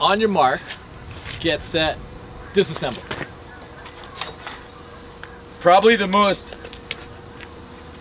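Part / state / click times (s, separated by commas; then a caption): latch switch on a folding electric scooter frame / released / 6.9 s. Someone talks while racing to fold up an electric folding scooter, flipping the plastic latch switch on its frame to unlatch it. Soft handling taps follow the speech, then the switch gives a sharp, satisfying click at 6.9 s as the frame latch releases.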